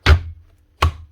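On a Makita DKP 180 cordless planer under repair after being dropped, the motor armature and bearing are driven into the metal/plastic motor housing with a sharp push. A loud impact sounds right at the start, then a second sharp impact at 0.8 s seats the armature fully home in the housing.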